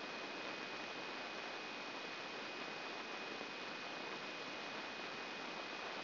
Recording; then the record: brain microelectrode recording played as sound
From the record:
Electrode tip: inside the subthalamic nucleus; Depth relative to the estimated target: 1 mm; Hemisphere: left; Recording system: AlphaMap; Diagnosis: Parkinson's disease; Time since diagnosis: 11 years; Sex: male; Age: 56 years